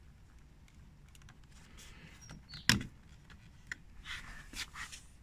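A plastic trim piece is pressed into the door mirror housing while a door mirror is refitted on a Volkswagen Scirocco / Golf 6. A sharp snap at 2.7 s marks the trim clipping home, properly seated, followed by a quieter tick at 3.7 s and light handling noise.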